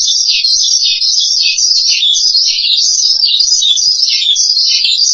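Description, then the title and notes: Starling chattering song, high and continuous, with rapid wavering notes. "suara burung jalak"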